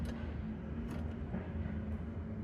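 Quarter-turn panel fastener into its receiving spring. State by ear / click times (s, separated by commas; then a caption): not seated / none. A Dzus quarter-turn panel fastener on a quarter midget body panel is handled and turned toward its receiving wire spring, with its groove meant to ride onto the spring and drop into the notch. A steady low hum runs throughout, with a few faint, brief ticks of handling noise. Nothing has seated or clicked yet.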